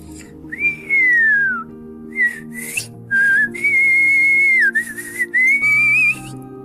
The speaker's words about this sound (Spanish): Silbó melodiosamente aquella criatura. Era una tonada alegre